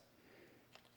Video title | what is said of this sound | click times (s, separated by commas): Deuter Act Lite, Streamer Bladder, Saywer Water Mini Filtration back country system review | if we can do that slides on locks in place let's see if it leaks out the top no | 0.8 s